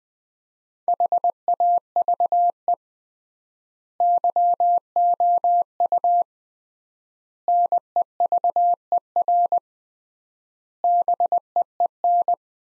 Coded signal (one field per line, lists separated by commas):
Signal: Morse code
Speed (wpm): 20 wpm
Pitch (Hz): 700 Hz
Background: none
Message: HAVE YOU NEVER BEEN